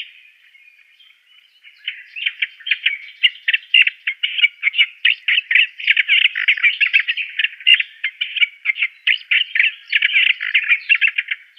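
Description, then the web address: Olive-tree Warbler song, a long rapid stream of harsh, scratchy chattering notes, building after a quiet start and continuing steadily with little pause. "Schulze Peter Olive-tree Warbler song"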